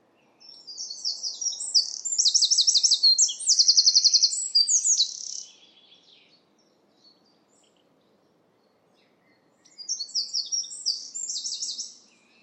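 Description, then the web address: Bird singing two high trilled phrases of rapid repeated notes, the first lasting about five seconds, then a pause and a shorter similar phrase, with near silence otherwise. "cianscape birddata Deverinetal 2025"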